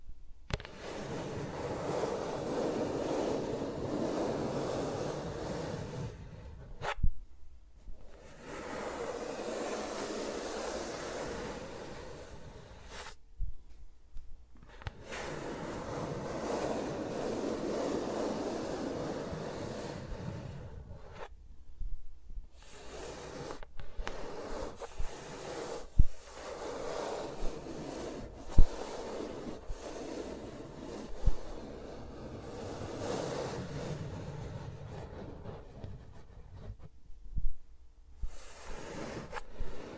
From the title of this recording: ASMR with Mics Around My Fingers (No Talking)